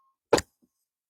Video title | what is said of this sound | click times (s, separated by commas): LATCH Installation, Nuna Pipa Urbn | and then you're going to push them all the way up into the car seat until it clicks | 0.3 s